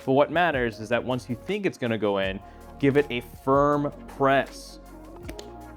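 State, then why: Seated. Someone talks over background music while a DDR memory stick is pressed firmly into a motherboard DIMM slot. Two sharp clicks come at 5.3 s and 5.4 s as both plastic retention latches snap down, and the stick is seated.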